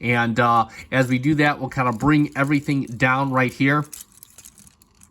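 Someone talks while working the hinged plastic assembly of a Transformers Studio Series 86 Springer transforming figure back and bringing it down toward the torso. After the talking stops around 4 s, faint handling taps come at about 4.2, 4.5, 4.7 and 5.0 seconds. Nothing has clicked into place or seated yet.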